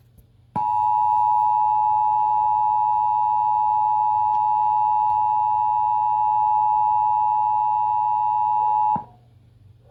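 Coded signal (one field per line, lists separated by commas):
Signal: Emergency Alert System (SAME) tones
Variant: 853 and 960 Hz attention tone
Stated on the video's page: Mock EAS warning put on TV via satellite; a re-upload.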